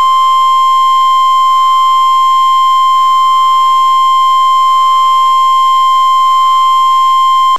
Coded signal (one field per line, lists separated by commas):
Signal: Emergency Alert System (SAME) tones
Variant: 1050 Hz attention tone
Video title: EAS #5: NOAA Weather Radio WWF35 Required Weekly Test May 15, 2013